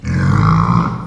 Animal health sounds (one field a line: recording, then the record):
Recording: squeal of a Yucatan mini pig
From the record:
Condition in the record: after surgery on the right vocal fold (resection and tissue-engineered implant)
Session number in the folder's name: 16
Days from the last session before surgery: 183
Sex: female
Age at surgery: 19 weeks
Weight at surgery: 25 kg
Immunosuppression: prednisolone